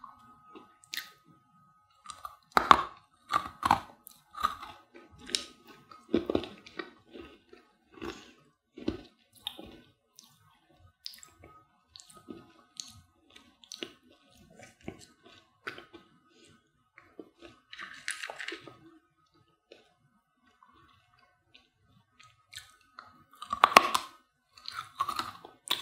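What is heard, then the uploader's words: Hard sugar candies being bitten and crushed, with sharp crunchy cracks arriving in irregular clusters between quiet pauses. The busiest bursts come in the first nine seconds and again around 24 seconds, with softer wet smacking sounds in between and a faint steady tone underneath. ASMR Sugar Candies Crushing, Biting, Licking.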